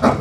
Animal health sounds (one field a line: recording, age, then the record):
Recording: pig call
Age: growing-finishing pig (85 days or more)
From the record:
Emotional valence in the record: positive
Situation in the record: run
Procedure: transit